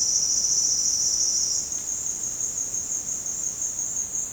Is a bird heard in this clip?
no